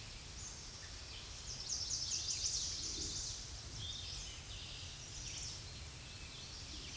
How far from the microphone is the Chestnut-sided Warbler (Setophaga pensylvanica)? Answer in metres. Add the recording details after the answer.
about 25 m. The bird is about level with the microphone. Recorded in a Pennsylvania forest on 16 May 2024 at 06:52. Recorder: AudioMoth, point MSD-2083. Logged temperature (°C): 16.7 °C. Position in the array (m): 150 m, -1 m